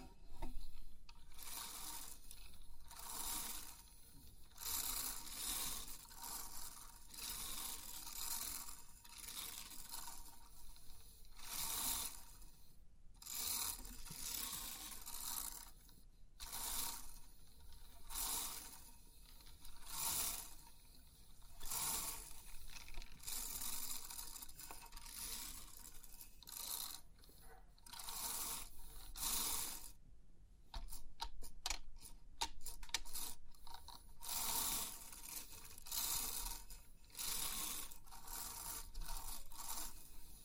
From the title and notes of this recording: Crisp 3D Pin Art Tingles(No Talking).